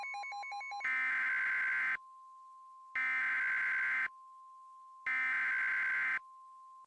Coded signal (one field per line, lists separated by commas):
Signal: Emergency Alert System (SAME) tones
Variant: header bursts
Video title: EAS MOCK - January flooding (READ DESCRIPTION)